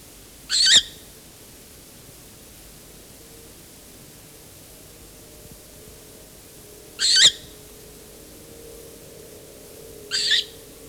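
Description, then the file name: Short-eared owl giving harsh, hissing rasps, three brief breathy bursts spaced several seconds apart over a quiet background with a faint low hum. On a nest with young. "Velduil op een nest met jongen - Sound Cloud - Beeld en Geluid"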